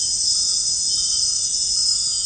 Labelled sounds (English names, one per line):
none